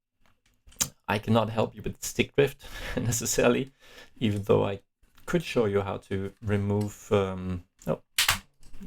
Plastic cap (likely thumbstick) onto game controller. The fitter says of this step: Oh, I didn't snap on.